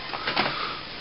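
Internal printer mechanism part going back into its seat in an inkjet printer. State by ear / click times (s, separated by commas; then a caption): seated / 0.3 s. While a continuous ink system is being fitted to a PX800FW inkjet printer, an internal mechanism part is pulled to the right and pushed back into its seat, with a short scraping slide. A click at 0.3 s marks the part seating back into place, and the printer is like new.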